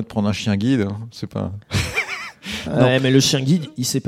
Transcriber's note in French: rires